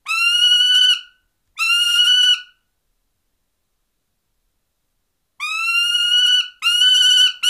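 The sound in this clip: Falcon giving harsh, drawn-out nasal calls, two together, a few seconds of silence, then two more.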